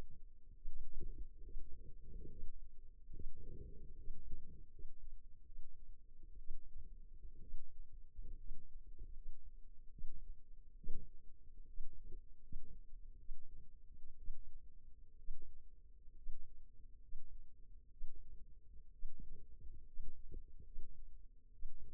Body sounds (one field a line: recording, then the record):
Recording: forearm muscle sounds (acoustic myography)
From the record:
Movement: rest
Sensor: system 2, bracelet of six BSWA MPA416 microphones around the upper forearm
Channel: 5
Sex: female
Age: 22 years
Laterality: right